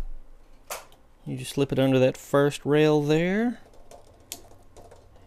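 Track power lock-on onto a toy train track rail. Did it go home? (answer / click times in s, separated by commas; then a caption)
yes / 4.3 s. A plastic and metal track power lock-on is slid under the outer rail of a Lionel U.S. Steel Industrial Switcher toy train set's track while someone talks. A sharp click at 4.3 seconds marks the lock-on snapping onto the rail and seating.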